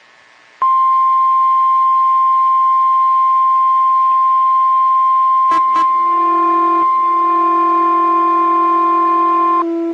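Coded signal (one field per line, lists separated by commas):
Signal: Emergency Alert System (SAME) tones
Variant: 1050 Hz attention tone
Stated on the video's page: NOAA Weather Radio required weekly test.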